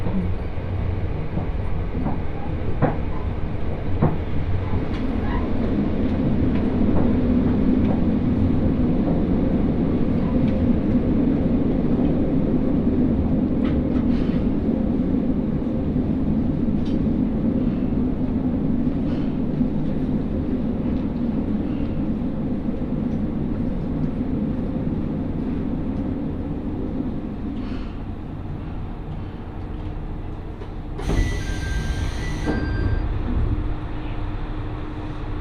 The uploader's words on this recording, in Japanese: 耳で楽しむ鉄道旅 水島臨海鉄道 倉敷市→三菱自工前。